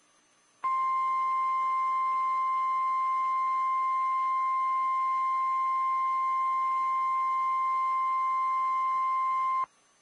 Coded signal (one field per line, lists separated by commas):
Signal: Emergency Alert System (SAME) tones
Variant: 1050 Hz attention tone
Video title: Weather Radio Wednesday RWTs (EAS #965-#975)